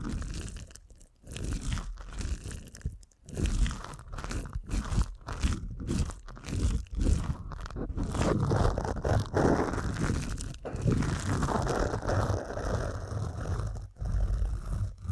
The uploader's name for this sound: ASMR Deep Ear Canal Massage